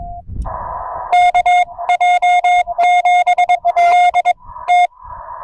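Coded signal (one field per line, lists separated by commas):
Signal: Morse code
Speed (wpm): 21 wpm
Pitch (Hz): 710 Hz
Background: none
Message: KJ7DT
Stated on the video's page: CW Parks on the Air activation by a CW newbie: Yaesu FT-891, 17-foot telescoping whip, 50 watts on 20 metres, rain later.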